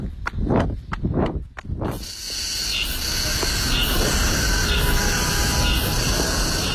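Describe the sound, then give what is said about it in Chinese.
Quick, evenly spaced footfalls of runners in Olympic Forest Park, Beijing, thud out in a steady rhythm for a couple of seconds, then give way to a constant, dense outdoor hiss of background noise. “奥林匹克森林公园，跑者的脚步声构成了一曲独特的乐章。”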